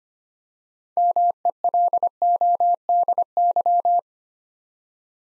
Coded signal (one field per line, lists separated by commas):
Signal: Morse code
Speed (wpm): 25 wpm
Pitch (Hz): 700 Hz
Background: none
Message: MELODY